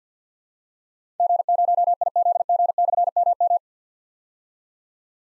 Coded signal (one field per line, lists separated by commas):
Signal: Morse code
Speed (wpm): 51 wpm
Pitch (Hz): 700 Hz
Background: none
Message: G0IZG/MM